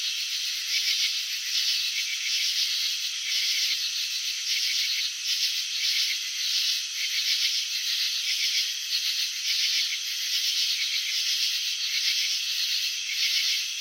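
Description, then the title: Crickets chirping in a continuous high, hissy band of rapid pulses, with repeated brighter bursts; no other sounds. Crickets chirping, filmed in slow motion showing wing vibrations and antenna movements. "Crickets in Slow Motion 📷. Capturing the Elegance of Chirping"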